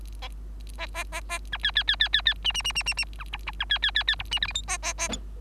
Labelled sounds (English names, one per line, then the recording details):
Bengalese Finch song
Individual Bird3